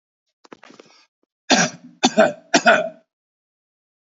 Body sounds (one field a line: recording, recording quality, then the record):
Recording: shallow voluntary cough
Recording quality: excellent, no background noise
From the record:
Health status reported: healthy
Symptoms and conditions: none ticked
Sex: male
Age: 52 years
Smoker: yes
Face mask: not worn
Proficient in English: yes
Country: India